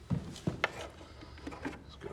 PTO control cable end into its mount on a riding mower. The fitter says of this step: Let's go ahead, slip that in. You could hear it almost snap in right there.